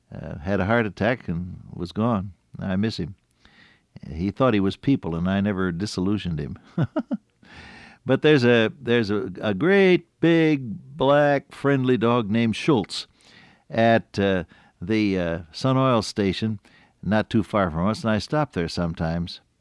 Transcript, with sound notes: Had a heart attack, and was gone, and I miss him. He thought he was people and I never disillusioned him. [chuckle] But there’s a great, big, black, friendly dog named Schultz at the Sun Oil station, not too far from us, and I stop there sometimes.